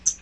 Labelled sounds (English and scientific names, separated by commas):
Hooded Warbler (Setophaga citrina) flight call